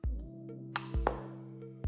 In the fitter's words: like a two-stage click that's really nice and it feels really strong i